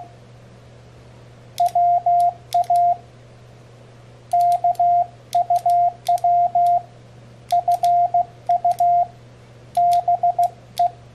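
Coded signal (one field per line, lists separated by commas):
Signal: Morse code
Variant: Korean alphabet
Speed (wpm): 16 wpm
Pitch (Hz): 700 Hz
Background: radio noise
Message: 보 입 니 다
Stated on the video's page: Morse sent with a home-made paddle key built from two microswitches, including Korean-language Morse.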